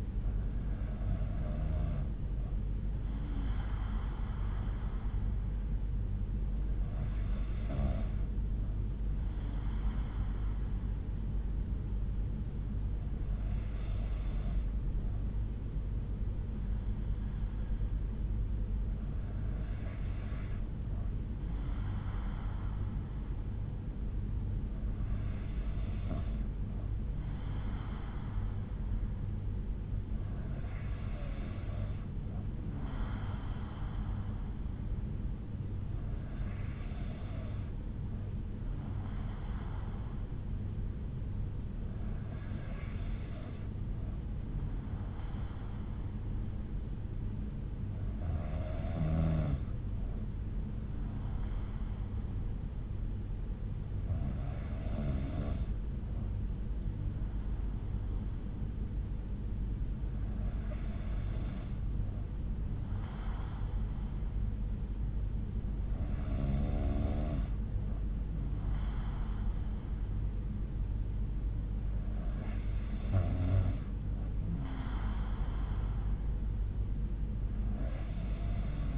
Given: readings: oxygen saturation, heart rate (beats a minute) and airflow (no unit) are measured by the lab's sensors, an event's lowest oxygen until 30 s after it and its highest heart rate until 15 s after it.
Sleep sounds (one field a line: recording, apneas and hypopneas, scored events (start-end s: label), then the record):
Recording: breathing in sleep by a smartphone at the bedside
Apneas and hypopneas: none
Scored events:
18.00-48.00 s: new sleep stage, N3 (deep sleep)
48.00-78.98 s: new sleep stage, N2 (light sleep)
From the record:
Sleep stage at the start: N2 (light sleep)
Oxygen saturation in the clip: 92 to 93%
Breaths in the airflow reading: 13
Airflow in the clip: -4.8 to 3.4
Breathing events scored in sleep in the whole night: 368 in 8.0 hours asleep